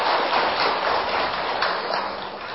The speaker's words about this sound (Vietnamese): cho một tràng pháo tay chung